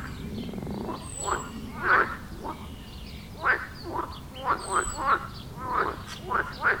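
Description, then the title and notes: Frogs croaking with throaty, quacking bursts, sparse at first, then quicker in a cluster of calls near the end; a thin whistle sounds twice. Frog concert at the village pond in Wohlsborn, Germany; recorded with a TASCAM DR-40X. "Wohlsborn, Deutschland - Froschkonzert. Frog concert. Froschkonzert am Dorfteich in Wohlsborn. Aufgenommen mit TASCAM DR-40X"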